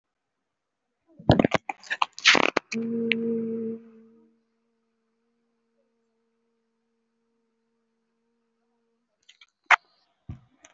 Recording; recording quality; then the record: sustained vowel as in boot; moderate, slight background noise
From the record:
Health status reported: healthy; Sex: female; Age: 26 years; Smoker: no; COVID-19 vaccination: both doses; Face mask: worn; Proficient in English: yes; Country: India